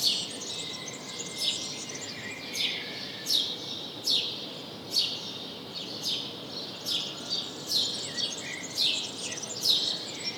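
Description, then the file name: House sparrow calling with a run of bright chirps, irregularly spaced about a second apart, against steady faint noise. "Passer domesticus"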